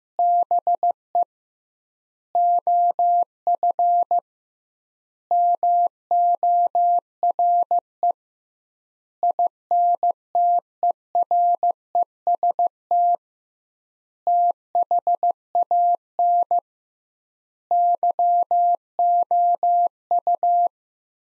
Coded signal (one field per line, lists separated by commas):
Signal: Morse code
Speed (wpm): 15 wpm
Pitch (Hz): 700 Hz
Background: none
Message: BE OF MORE INTEREST THAN YOU